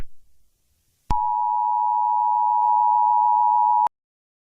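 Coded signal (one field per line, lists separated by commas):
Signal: Emergency Alert System (SAME) tones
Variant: 853 and 960 Hz attention tone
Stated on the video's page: Custom fictional EAS made as a personal project for a Roblox game, using valid EAS tones.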